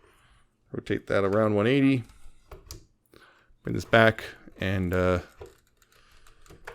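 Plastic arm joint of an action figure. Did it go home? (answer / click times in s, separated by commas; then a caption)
yes / 6.7 s. Someone talks while transforming a plastic Transformers Studio Series 86 Sludge action figure, rotating the arm section 180 degrees and bringing it back, with small plastic handling clicks along the way. The arm is then pushed up, and its plastic joint clicks into place at 6.7 s.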